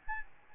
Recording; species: mosquito wingbeat signal from an infrared sensor; Aedes albopictus